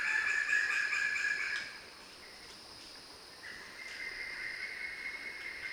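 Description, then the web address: Kagu call: a slightly wavering whistled note lasting under two seconds, a pause, then a long steady whistle that rises gently and holds, with constant background hiss. "sound Kagu. صدای-پرنده-کاگو"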